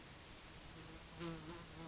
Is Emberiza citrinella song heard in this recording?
no